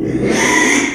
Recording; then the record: squeal of a Yucatan mini pig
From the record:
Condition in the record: after surgery on the right vocal fold (resection and tissue-engineered implant); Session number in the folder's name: 3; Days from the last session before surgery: 33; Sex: male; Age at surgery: 12 weeks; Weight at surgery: 13 kg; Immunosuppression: cyclosporine, prednisolone